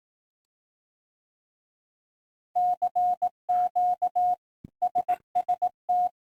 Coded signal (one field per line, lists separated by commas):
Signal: Morse code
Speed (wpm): 18 wpm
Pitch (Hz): 720 Hz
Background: none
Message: CQ SST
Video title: morsewalker.com walkthrough.